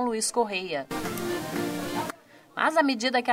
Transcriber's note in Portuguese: sobe som